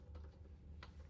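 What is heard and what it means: A plastic cap is being screwed back onto the engine filler neck of a Hustler Super Z 60" deck mower, with brief light ticks and scrapes of handling near 0.8 s and 1.1 s over a steady low hum. The clip ends before the cap clicks shut, and nothing has seated yet.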